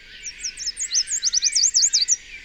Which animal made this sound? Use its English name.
Chestnut-capped Warbler